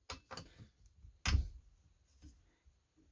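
A screw is tightened into the housing of a STIHL MS200T chainsaw during reassembly, and its thread strips out after only light tightening. Sharp ticks at 0.1 s and 0.4 s mark the moment, followed by scattered handling knocks and a louder thump near 1.3 s. Someone talks.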